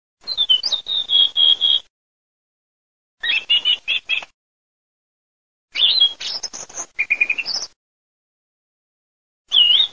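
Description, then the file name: Thrush song in short phrases of bright whistled notes, separated by silent gaps of one to two seconds. "tordogiuseppe"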